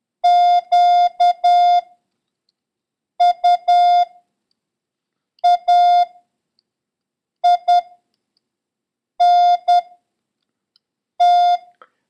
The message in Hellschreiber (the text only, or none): none